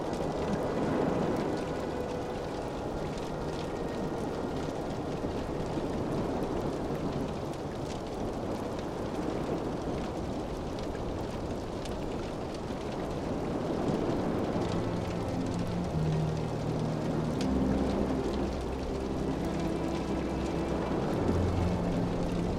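Ocean water surges outside a ship's walls as a dense, continuous rushing wash, full of fine crackling detail like rain. A low rumble runs underneath, and after about fourteen seconds faint tonal hums and drones come and go within the steady roar.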